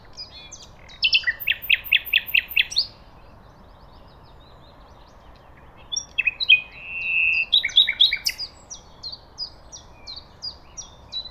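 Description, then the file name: Common nightingale song in two bursts: a quick series of rattling repeated notes, a pause, then a varied phrase ending in sharp whistles, over a low constant hiss. "Luscinia megarhynchos"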